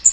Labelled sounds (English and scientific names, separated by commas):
Blackpoll Warbler (Setophaga striata) flight call